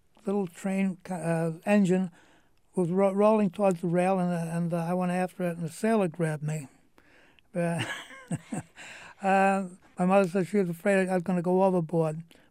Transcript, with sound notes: little train, engine was rolling towards the rail and I went after it, and a sailor grabbed me. (he laughs) My mother said she was afraid that I was going to go overboard.